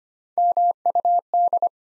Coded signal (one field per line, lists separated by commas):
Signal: Morse code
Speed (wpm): 25 wpm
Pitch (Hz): 700 Hz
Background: none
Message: MUD